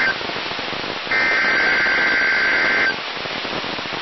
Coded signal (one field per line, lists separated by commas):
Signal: Emergency Alert System (SAME) tones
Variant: header bursts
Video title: Saturday RWTs (EAS #1314-#1316)